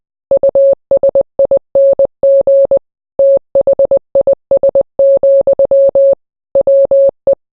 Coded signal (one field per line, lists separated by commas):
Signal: Morse code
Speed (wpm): 20 wpm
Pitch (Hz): 550 Hz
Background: none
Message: USING THIS, WE